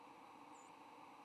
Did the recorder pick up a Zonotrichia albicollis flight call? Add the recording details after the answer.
no. Another species' flight call is heard. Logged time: 08:56 on 8 November 2014